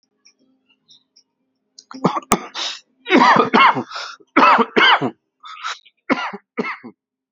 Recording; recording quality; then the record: heavy voluntary cough; excellent, no background noise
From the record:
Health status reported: healthy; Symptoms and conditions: none ticked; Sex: male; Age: 38 years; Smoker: not ticked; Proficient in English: yes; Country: India